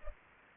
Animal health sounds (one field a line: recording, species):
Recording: mosquito wingbeat signal from an infrared sensor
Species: Culex pipiens